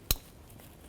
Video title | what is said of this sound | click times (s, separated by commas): How to Replace Parking Sensors 2010-18 RAM 1500 | I'm gonna take this, connect it in, gave a nice click. | 0.1 s